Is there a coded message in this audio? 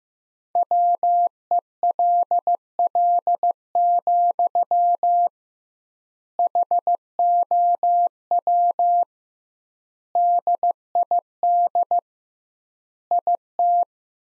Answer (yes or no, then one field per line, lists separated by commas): yes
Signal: Morse code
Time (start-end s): 0.6-13.8 s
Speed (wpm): 15 wpm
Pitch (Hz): 700 Hz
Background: none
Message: WELL, HOW DID IT